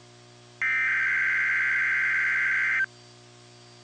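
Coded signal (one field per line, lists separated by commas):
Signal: Emergency Alert System (SAME) tones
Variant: header bursts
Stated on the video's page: Child abduction emergency alert received on NOAA Weather Radio.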